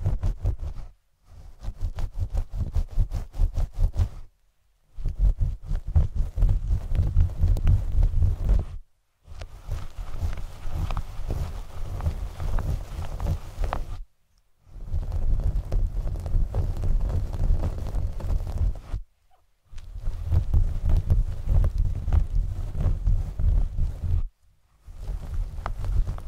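A scalp massage: dense, scratchy rubbing and crackling of fingers working through hair, with a soft low thumping underneath. It comes in bursts of about four to five seconds, each broken by a short silence, near 1, 4.5, 9, 14, 19 and 24 seconds.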